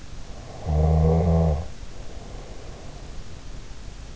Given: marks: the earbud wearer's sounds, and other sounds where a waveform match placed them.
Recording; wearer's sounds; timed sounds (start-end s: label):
sounds in sleep by an in-ear microphone; snoring breath
0.47-3.47 s: snoring breath